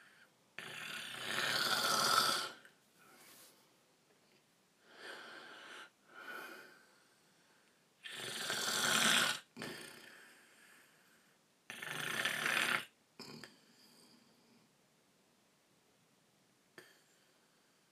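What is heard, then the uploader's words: Loud, rasping snores come every four seconds or so, each followed by a quieter breathy exhale, with near silence between them. Snoring.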